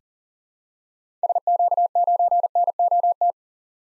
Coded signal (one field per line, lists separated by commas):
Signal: Morse code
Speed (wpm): 40 wpm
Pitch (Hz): 700 Hz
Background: none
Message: SQ9NOT